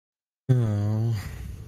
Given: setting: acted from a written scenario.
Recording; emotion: vocal sound without words; disappointment